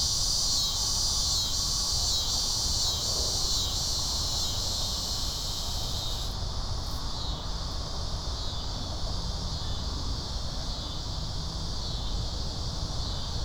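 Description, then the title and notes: Cicada buzz, a continuous high hissing drone that thins out abruptly about halfway through, over a low rumbling background. "Insect sounds: Cicadas."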